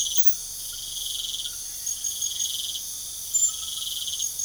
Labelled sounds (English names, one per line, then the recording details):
none
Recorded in pastures near Puerto Asís, Putumayo, Colombia, on 4 March 2025 at 00:30
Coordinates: 0.497, -76.327
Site G072